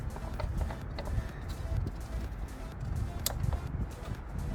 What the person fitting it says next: There we go, clicked into place.